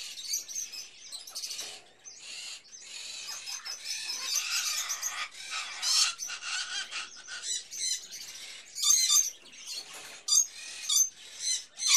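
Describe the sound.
Hatchling bird chirping: dense, raspy churring with scattered high squeaks, growing more broken into separate sharp calls in the second half.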